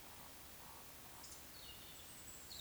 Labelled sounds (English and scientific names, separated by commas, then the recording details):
Eurasian Woodcock (Scolopax rusticola) whistle, Eurasian Woodcock (Scolopax rusticola) croak
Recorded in Baden-Württemberg, Germany, on 19 June 2020 at 19:48 UTC
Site 49006, 684 m above sea level